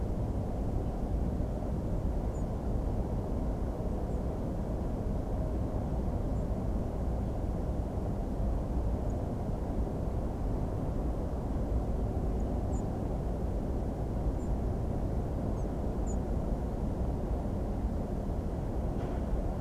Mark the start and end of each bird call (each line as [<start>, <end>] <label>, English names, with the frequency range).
[2.33, 2.43] European Robin (6.5-8.5 kHz)
[4.08, 4.20] European Robin (6.6-8.8 kHz)
[6.34, 6.44] European Robin (7.0-7.6 kHz)
[9.09, 9.12] Song Thrush (6.5-7.3 kHz)
[12.39, 12.41] Song Thrush (6.5-8.1 kHz)
[12.71, 12.82] European Robin (6.7-8.7 kHz)
[14.37, 14.48] European Robin (7.0-8.5 kHz)
[15.56, 15.65] European Robin (6.0-8.2 kHz)
[16.05, 16.17] European Robin (6.6-8.5 kHz)